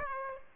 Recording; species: mosquito wingbeat signal from an infrared sensor; Aedes aegypti